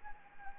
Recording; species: mosquito wingbeat signal from an infrared sensor; Anopheles gambiae